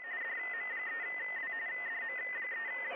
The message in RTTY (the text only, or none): DM3W DM3